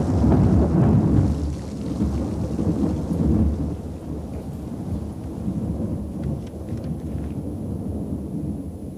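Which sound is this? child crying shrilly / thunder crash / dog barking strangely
thunder crash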